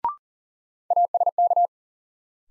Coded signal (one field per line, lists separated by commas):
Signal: Morse code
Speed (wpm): 40 wpm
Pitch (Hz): 700 Hz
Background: none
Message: ASK